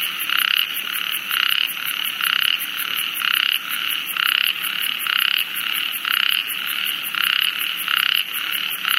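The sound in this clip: Ornate narrow-mouthed toad repeating harsh buzzy calls at a steady pace throughout, over a continuous background drone and rapid high-pitched ticking.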